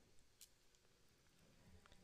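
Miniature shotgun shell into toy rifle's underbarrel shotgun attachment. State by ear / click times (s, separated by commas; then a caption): not seated / none. A miniature shotgun shell is placed, green end to the front, into the loading port of the underbarrel shotgun attachment on a GoatGuns Masterkey toy rifle, ready to be pushed home with a screwdriver in the next step. Only faint, light handling noises are heard, with two small ticks near 1.9 seconds. The shell has not seated or clicked into place yet.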